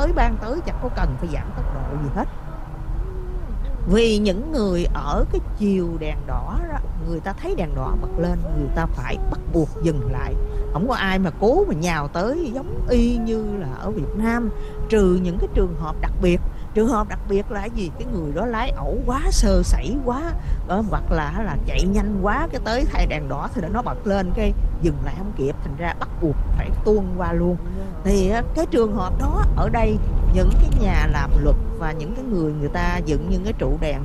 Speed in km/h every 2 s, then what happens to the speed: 53, 53, 53, 53, 55, 55, 56, 58, 58, 56, 55, 55, 61, 64, 61, 63, 63.
0-22 steady at about 55. 22-25 speeds up to 64. 25-34 steady at about 63.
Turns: none.